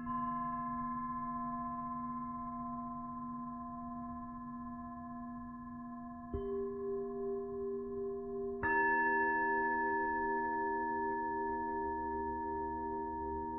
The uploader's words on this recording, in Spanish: Cuencos Tibetanos.